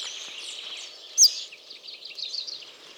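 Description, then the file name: Common chaffinch giving a single loud, sharp, high call note against a busy, noisy background. "Fringilla coelebs"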